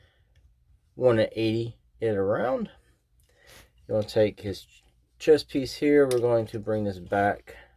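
Someone talks while handling the plastic chest piece of a Transformers Studio Series Gamer Edition WFC Optimus Prime transforming figure, turning parts around and starting to fold the chest piece back into the torso. Only faint small ticks are heard under the talking. The chest piece has not snapped or seated yet.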